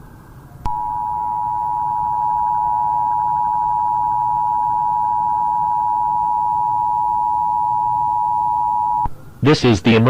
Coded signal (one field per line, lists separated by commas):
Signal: Emergency Alert System (SAME) tones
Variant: 853 and 960 Hz attention tone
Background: speech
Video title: Black Sun (2015) | The Solar Collapse – EAS Scenario